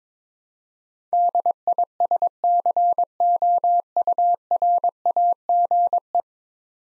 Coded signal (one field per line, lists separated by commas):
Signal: Morse code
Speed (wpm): 23 wpm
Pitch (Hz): 700 Hz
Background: none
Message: DISCOURAGE